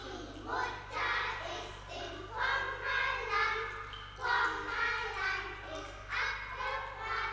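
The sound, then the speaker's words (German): Children dance in a ring (Ringelreihen) and sing a song together in a park with gravel paths, in steady rhythmic phrases with short pauses between them. A faint, constant low hum sits underneath the singing throughout. “Weiter drüben tanzen sie Ringelreihen und singen ein Lied.”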